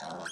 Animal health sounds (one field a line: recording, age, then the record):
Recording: pig call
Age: piglet (1 to 25 days)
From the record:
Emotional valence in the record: negative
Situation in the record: short isolation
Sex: male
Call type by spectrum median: low-frequency call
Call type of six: mixed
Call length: 0.32 s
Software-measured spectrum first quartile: 668 Hz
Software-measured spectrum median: 1398 Hz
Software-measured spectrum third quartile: 3115 Hz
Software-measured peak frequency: 717 Hz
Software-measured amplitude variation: 110 dB a second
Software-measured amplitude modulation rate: 27.0 a second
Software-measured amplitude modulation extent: 4.1 dB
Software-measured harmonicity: 0.8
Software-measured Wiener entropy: -2.40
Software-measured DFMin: 837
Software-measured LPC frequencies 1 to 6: 724, 1529, 3217, 4039, 5704, 6484 Hz